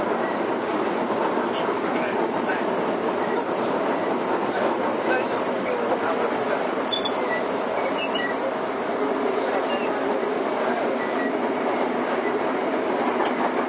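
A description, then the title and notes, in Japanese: A Toei 5300 series train rides between Oshiage and Gotanda, a steady, dense rumble and roar that holds level for the whole clip. Faint high squeals flicker through, with brief sharper chirps around seven and eight seconds over the continuous rolling noise. 都営5300形 押上ー五反田。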